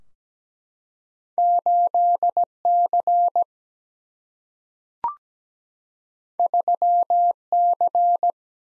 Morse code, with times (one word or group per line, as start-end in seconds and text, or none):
1.4-2.4 8
2.7-3.4 C
6.4-7.3 3
7.5-8.3 C